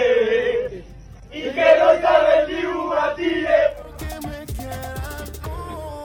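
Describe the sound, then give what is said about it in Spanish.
A large crowd of supporters of the world champion football team chants a melodic song in unison, loud and sustained, then rhythmic drumbeats and claps join in with a steady pulse. “Imagínate que la hinchada del campeón del mundo cante con la melodía de tu tema.”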